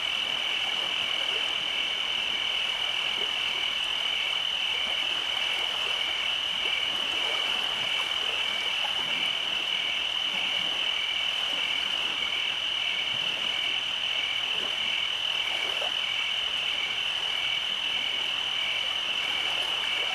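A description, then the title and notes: Cicadas and crickets keep up a dense, unbroken chorus for the whole twenty seconds, a high, shrill trill with a fast, even pulse and a fainter, higher whine above it. The level never changes. Soft, scattered low rustles and knocks sit underneath. At night, the nature relieves the pressure of cicadas and crickets.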